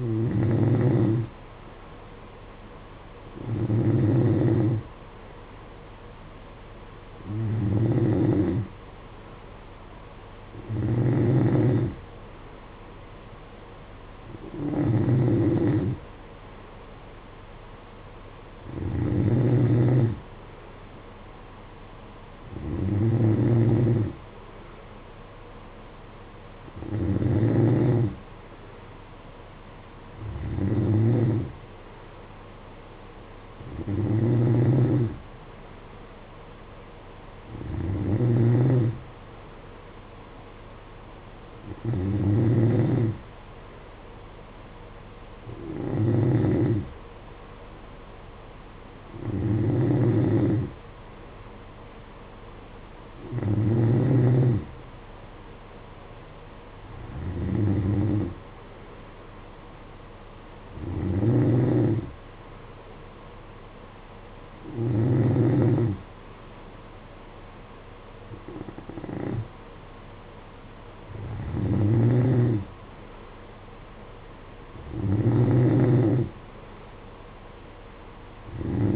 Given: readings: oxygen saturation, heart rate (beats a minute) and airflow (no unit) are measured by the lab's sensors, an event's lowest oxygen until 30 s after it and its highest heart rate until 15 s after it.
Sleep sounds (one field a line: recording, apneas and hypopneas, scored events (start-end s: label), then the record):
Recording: breathing in sleep by a voice recorder at the bedside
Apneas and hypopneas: none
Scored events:
35.00-78.96 s: new sleep stage, N3 (deep sleep)
From the record:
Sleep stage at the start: N2 (light sleep)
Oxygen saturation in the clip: 92 to 93%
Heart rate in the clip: 53 to 58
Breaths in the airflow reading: 21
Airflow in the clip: -8.9 to 6.1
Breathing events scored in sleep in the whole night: 476 in 9.7 hours asleep